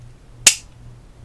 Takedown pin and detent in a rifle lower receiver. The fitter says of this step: the divots on there and push down until it clicks in place.